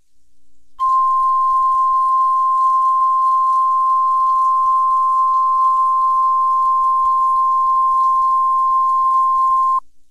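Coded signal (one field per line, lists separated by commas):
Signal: Emergency Alert System (SAME) tones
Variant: 1050 Hz attention tone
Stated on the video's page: NOAA Weather Radio required weekly test from the Seattle WA area, received on a weather radio.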